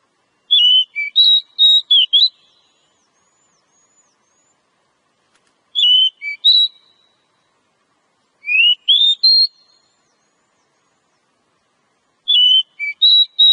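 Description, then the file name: Oriental magpie-robin singing clear whistled phrases of quick up-and-down notes, repeated in four bursts separated by pauses of a few seconds. Female; Indonesian name kacer. "Suara kacer betina"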